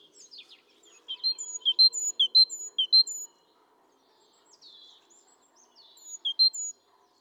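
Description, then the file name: Great tit calls, a rapid run of sharp high notes and thin whistles between 1 and 3 seconds, then a brief second burst near the end, over a soft low hum. "Parus major"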